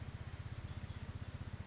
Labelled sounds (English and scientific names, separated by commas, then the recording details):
California Towhee (Melozone crissalis)
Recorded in Sonoma County, California